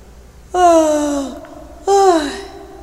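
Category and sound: human body sound, loud yawn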